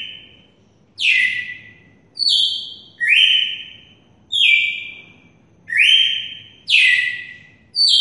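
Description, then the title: Red-cowled cardinal song: loud whistled notes, each starting with a sharp downward sweep then a level or slightly falling tone, repeated with brief pauses. Female bird from Mossoró, singing. "Canto Galo Campina Fêmea. Galo de campina MOSSORÓ"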